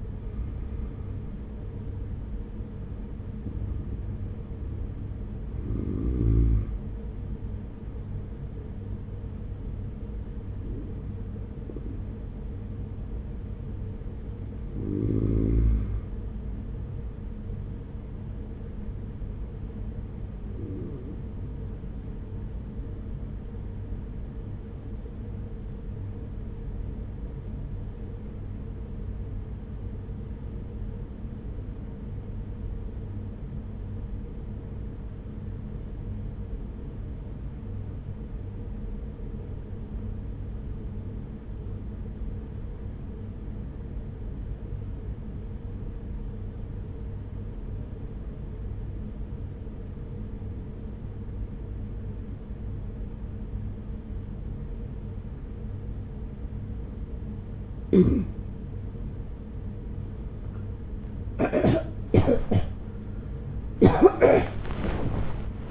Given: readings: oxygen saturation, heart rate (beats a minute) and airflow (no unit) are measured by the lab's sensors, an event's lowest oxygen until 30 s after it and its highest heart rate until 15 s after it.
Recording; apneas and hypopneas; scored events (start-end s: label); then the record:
breathing in sleep by a smartphone at the bedside; 1
23.00-59.00 s: obstructive apnea (N1, oxygen 96% highest, then 84% lowest, heart rate 43 at the start, 78 highest)
51.00-65.71 s: new sleep stage, awake
59.00-65.71 s: awake
From the record:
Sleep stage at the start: N1 (lightest sleep); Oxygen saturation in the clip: 86 to 96%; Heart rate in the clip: 41 to 60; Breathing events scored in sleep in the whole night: 210 in 6.9 hours asleep